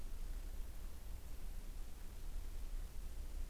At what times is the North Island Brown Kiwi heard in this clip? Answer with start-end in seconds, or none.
none